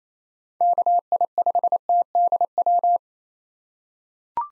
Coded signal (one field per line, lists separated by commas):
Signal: Morse code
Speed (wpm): 28 wpm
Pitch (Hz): 700 Hz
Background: none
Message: KI5TDW